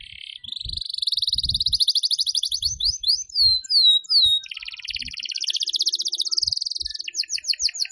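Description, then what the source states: Canary song built of long rapid trills, brief descending whistled slurs, then another rolling trill and quick chirps, with faint low taps throughout. Lure call for bird-trapping.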